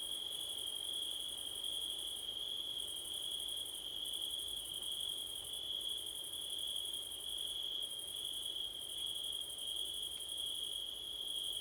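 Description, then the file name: Cricket chorus, an unbroken high ringing trill with an even higher pulsing layer that briefly drops out every second or two, and low rustling wind noise beneath. Crickets on a windy September night, recorded with a Blumlein stereo pair. "crickets wind september night"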